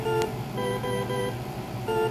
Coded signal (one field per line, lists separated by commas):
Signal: none